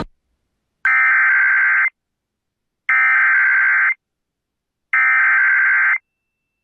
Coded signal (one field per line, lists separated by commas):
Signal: Emergency Alert System (SAME) tones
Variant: header bursts